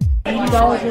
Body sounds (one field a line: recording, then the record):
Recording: background sound without coughing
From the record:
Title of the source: Nightlife Party Simulating Party Club Noise 1 Hour